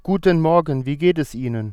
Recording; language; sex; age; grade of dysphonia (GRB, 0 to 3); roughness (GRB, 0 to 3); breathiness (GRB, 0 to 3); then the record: spoken sentence; German; male; 20 to 29 years; 0; 0; 0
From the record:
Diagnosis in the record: healthy voice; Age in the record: 29 years